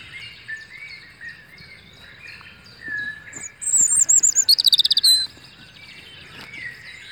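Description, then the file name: European robin song: quiet high warbles, then a loud burst of a very high wavering whistle and a rapid trill, followed by soft twittering again. "Rouge gorge"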